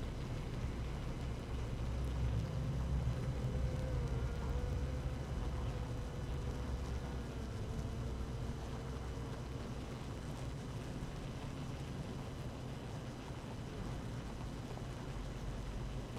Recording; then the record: honeybee colony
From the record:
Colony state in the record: active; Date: 12 June 2018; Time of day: 7:05